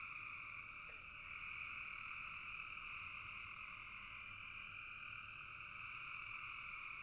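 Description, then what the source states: Continuous frog chorus of quick overlapping pulses, with a brief sharp note about one second in. Frogs in a bog.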